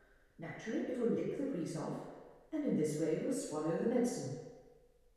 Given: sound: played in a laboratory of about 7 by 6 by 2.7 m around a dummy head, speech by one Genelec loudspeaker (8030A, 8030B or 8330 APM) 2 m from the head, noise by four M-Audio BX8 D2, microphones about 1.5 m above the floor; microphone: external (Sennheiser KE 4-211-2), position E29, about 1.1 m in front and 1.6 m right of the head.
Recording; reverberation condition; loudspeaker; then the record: female speech in English; high; 60 degrees to the left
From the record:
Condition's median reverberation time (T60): about 1300 ms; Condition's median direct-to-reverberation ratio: about -4.0 dB